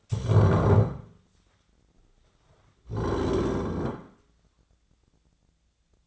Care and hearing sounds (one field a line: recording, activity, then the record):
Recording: daily activity, microphone in the room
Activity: stand up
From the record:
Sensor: 3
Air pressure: 1009.2 hPa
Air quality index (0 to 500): 184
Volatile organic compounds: 3 ppm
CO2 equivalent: 1490 ppm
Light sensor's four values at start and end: 47/123/54/54 and 34/88/40/40